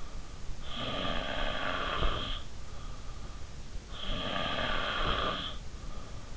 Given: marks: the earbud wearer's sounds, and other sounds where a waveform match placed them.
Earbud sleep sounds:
sounds in sleep by an in-ear microphone; snoring breath
0.66-2.52 s: snoring breath
3.91-6.30 s: snoring breath

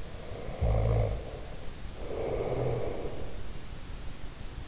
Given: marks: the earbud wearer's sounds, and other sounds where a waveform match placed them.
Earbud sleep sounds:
sounds in sleep by an in-ear microphone; snoring breath
0.13-3.48 s: snoring breath

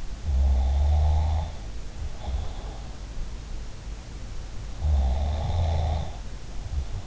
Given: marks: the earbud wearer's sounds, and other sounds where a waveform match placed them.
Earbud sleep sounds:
sounds in sleep by an in-ear microphone; snoring breath
0.28-2.97 s: snoring breath
2.25-2.80 s: sound from someone else or the room
4.79-7.07 s: snoring breath

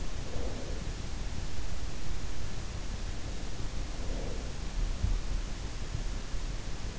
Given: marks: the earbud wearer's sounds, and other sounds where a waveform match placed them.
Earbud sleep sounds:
sounds in sleep by an in-ear microphone; breath
0.00-1.09 s: breath
3.68-4.68 s: breath

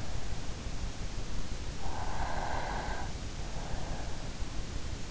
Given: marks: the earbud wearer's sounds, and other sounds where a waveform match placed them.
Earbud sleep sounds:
sounds in sleep by an in-ear microphone; breath
1.61-4.41 s: breath

